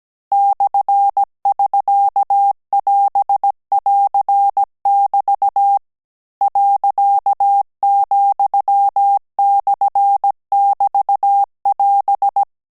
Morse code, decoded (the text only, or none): /<SK><AS><AR><BT> .,/<BT><AS>